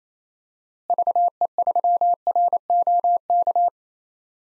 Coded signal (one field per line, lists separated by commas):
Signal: Morse code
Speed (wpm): 28 wpm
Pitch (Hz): 700 Hz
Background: none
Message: VE3ROK